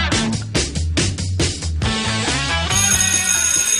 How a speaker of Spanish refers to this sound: El timbre dan las 10:02 aquí en la ciudad de Buenos Aires para comenzar una nueva semana y un nuevo programa también de Comunas AM por Radio Belgrano, AM650.